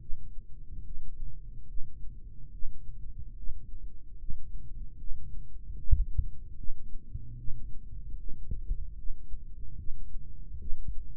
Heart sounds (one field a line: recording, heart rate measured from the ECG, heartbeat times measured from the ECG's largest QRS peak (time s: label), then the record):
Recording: heart sounds by microphone in the right ear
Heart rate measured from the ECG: 74 bpm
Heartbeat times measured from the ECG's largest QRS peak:
0.00 s: heartbeat
0.85 s: heartbeat
1.68 s: heartbeat
2.52 s: heartbeat
3.36 s: heartbeat
4.19 s: heartbeat
4.98 s: heartbeat
5.78 s: heartbeat
6.57 s: heartbeat
7.38 s: heartbeat
8.18 s: heartbeat
8.97 s: heartbeat
9.78 s: heartbeat
10.60 s: heartbeat
From the record:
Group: healthy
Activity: cold pressor test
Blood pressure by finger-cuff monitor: 99/54 mmHg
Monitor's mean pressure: 68 mmHg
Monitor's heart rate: 73 bpm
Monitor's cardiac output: 4.3 L/min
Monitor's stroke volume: 59 mL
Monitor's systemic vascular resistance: 1120 dyn s/cm5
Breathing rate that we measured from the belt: 16 breaths a minute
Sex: male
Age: 55 years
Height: 167 cm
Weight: 57.2 kg